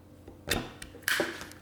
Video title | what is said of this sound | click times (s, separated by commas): Knipex Cutix 90 10 165 Retractable Utility Knife | and it locks in place and | 1.1 s